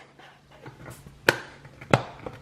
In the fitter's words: And then you'll feel it snap into place right here.